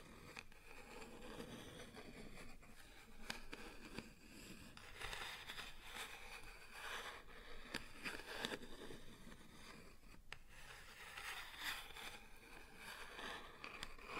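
Scratching and tapping on a wooden surface go on without pause for the whole stretch, a dense, uneven rasp with sharp taps scattered throughout. Brighter bursts of scraping swell up around six to nine seconds and again near eleven to thirteen seconds.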